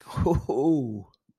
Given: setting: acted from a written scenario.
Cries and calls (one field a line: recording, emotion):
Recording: vocal sound without words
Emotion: pride